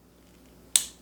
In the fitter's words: hear the snap